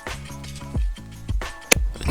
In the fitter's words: And you heard that clicking. That's locked in now, so that's the chain fitted.